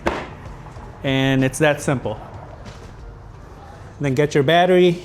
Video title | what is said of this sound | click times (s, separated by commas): Ryobi 18V ONE+ Bucket Top Wet/Dry Vacuum - Review | just press it. You'll hear the click, and | 0.1 s